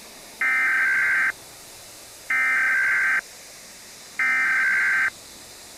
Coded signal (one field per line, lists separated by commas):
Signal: Emergency Alert System (SAME) tones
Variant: header bursts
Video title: EAS Nuclear Attack (8/12/3 May Saturday)